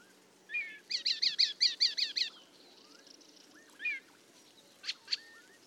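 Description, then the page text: Paddyfield warbler song: a rapid burst of about seven identical chirps in a row, then a pause and a few scattered high notes. "Patrick Franke - Индийская камышевка (Acrocephalus agricola)"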